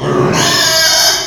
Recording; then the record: squeal of a Yucatan mini pig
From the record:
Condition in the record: before surgery on the right vocal fold (resection and tissue-engineered implant); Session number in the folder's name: 2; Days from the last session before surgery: 0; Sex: male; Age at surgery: 12 weeks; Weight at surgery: 13 kg